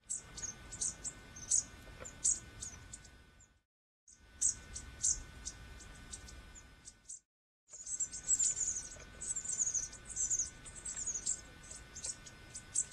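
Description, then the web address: Birds singing, several high chirps and twittering phrases overlapping, with a steady hum in the background and two brief gaps of silence. Many birds recorded in Bexar County on 25 March 2006, in the afternoon. "bexar Many Birds 20060325 PM"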